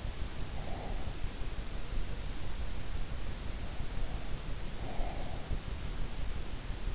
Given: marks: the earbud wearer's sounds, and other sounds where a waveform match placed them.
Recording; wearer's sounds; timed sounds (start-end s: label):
sounds in sleep by an in-ear microphone; breath
0.00-1.47 s: breath
4.36-5.83 s: breath